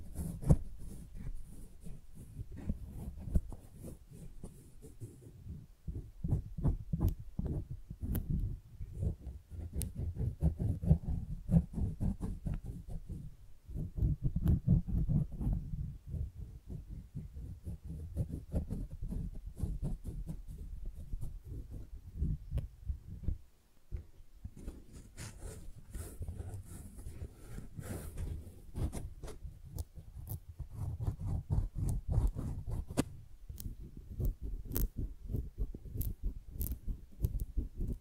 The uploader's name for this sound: Tingly Flower Sounds